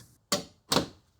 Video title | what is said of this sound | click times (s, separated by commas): How To Install Aftermarket Headlights on the 2021+ Ford Bronco - AlphaRex NOVA-Series Headlights | carefully reinstall your grille pressing all sides and Corners back into their corresponding pop clips you'll hear them click when they reconnect | 0.3 s, 0.7 s